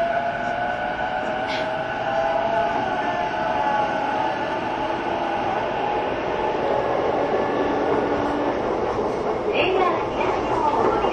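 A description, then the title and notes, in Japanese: A train runs steadily along the track, a continuous rumbling roar with a dense low rattle from the wheels. Bright tonal whines hold through the clip and shift slightly in pitch, and short squeaks or clicks cut through near 1.5 and 9.5 seconds. 相鉄12000系 相鉄・埼京線特急・普通 01/01:海老名～新宿。相鉄・埼京線直通＂特急・普通＂の列車走行音。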